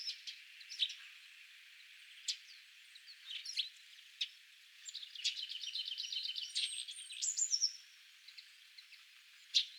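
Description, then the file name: Eurasian blue tit giving scattered sharp notes, then a busy burst of rapid buzzy notes, and a final sharp note at the close. "Cyanistes caeruleus"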